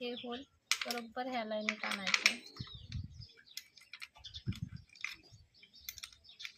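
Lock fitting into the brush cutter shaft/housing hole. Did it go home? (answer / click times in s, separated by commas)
no / none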